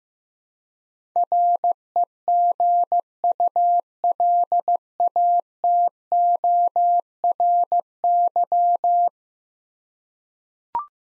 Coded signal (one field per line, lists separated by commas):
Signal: Morse code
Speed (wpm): 15 wpm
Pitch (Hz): 700 Hz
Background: none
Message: REGULATORY